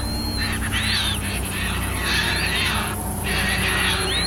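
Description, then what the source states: Caspian tern calls: three harsh, rasping bursts over about four seconds, with thin whistled notes and a steady low rumble underneath. Group calling to each other over water during migration in the Netherlands, where a few hundred are present at this time of year.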